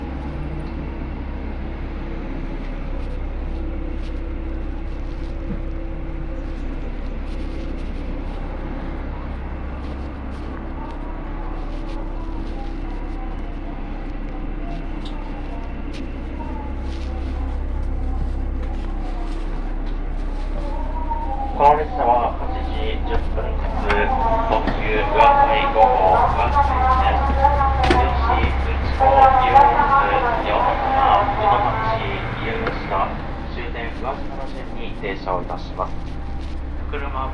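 A ride aboard the Yosan Line limited express Uwakai No. 5 between Matsuyama and Iyo-Ozu, with a steady low rumble throughout. From about twenty seconds the sound grows louder and busier, with voices talking over the train noise, strongest near the half-minute mark.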